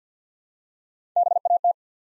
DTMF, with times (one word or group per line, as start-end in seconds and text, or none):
none